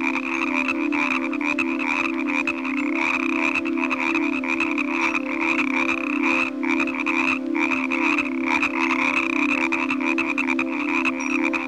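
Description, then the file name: Frogs calling in a steady chorus, a constant mid-pitched drone under a high, shimmering trill. "Nature Collection - Croak Frog Calls"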